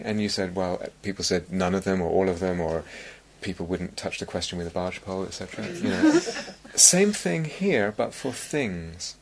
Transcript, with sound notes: And you said -- well, people said, "None of them," or "All of them," or people wouldn't touch the question with a bargepole, etc. [laughter] Same thing here, but for things.